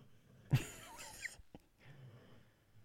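An old beagle named Muggsy snores nearby in a quiet room: a loud, raspy snorting breath is followed by a softer, low rumbling breath. This is ordinary sleep snoring in an older dog.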